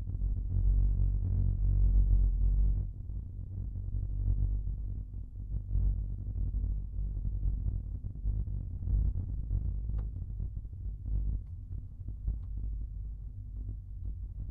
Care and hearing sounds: everyday scene through a hearing-aid microphone; in a vehicle; engine, rumble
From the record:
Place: Skoda Fabia, gasoline engine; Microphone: behind the ear, right, rear

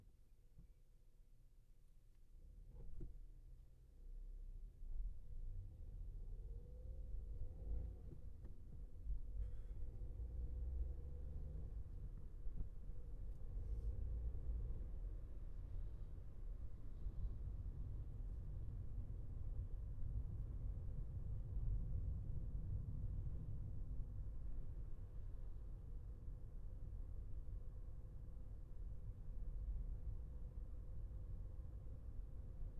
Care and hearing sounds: everyday scene through a hearing-aid microphone; in a vehicle; engine, highway traffic jam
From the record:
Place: Skoda Fabia, gasoline engine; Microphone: behind the ear, left, front

